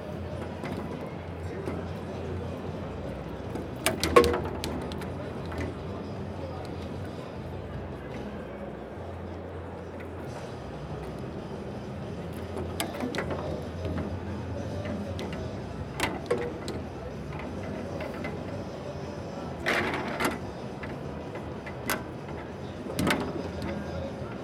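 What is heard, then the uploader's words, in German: Steady crowd murmur and low hum at the Chaos Communication Congress in Leipzig, with sharp clacks and bangs near 4, 16, 20 and 23 seconds. Akkustische Eindrücke vom 34. Chaos Communication Congress. Geräusche, die der 34. Chaos Communication Congress in Leipzig von sich gibt.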